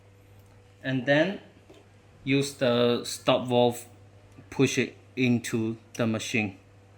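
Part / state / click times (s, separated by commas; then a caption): stop valve into pressure washer water inlet / not seated / none. A stop valve is being handled before it is pushed into the water inlet of a MIMYTH cordless pressure washer, while someone talks throughout with a steady low hum underneath. The clip ends before the valve goes in, so nothing has seated or clicked yet.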